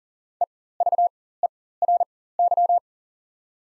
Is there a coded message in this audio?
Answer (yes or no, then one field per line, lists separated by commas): yes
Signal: Morse code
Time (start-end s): 0.4-2.8 s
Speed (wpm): 37 wpm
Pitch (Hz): 700 Hz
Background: none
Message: EVERY